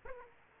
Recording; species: mosquito wingbeat signal from an infrared sensor; Aedes aegypti